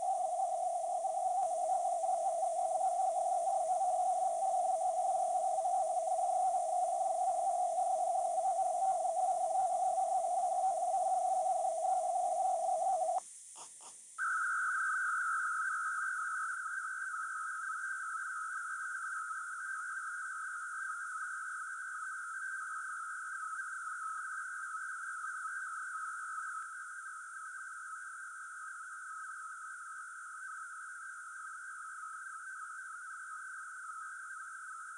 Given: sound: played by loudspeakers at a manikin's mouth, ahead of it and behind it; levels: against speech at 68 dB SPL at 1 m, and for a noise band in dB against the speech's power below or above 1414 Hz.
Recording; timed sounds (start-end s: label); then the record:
test signals for a remote microphone
0.00-13.18 s: noise band at 707 Hz, as loud as that band is in speech
14.18-34.98 s: noise band at 1414 Hz, as loud as that band is in speech
From the record:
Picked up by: remote microphone C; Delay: 23 ms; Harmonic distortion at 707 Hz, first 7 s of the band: under -32 dB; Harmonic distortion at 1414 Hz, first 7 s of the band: under -40 dB